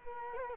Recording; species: mosquito wingbeat signal from an infrared sensor; Culex quinquefasciatus